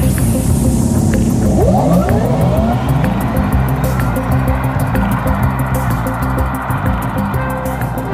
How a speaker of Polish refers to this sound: Niektóre marki oferują kilka opcji dźwięku, który kierowca może sobie wybrać. I przykładowo w niektórych samochodach marki Renault można sobie wybrać dźwięki zaprojektowane przez słynnego kompozytora ….